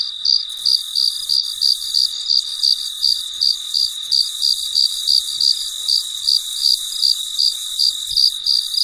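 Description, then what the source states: Cricket sending out bright, brief chirps at a regular pace of about three per second, high insect hum continuing throughout. Recorded late at night in quiet surroundings.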